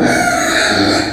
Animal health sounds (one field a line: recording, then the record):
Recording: squeal of a Yucatan mini pig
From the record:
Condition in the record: before surgery on the right vocal fold (resection and tissue-engineered implant)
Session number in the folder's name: 3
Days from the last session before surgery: 0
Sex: female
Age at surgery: 19 weeks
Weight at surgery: 25 kg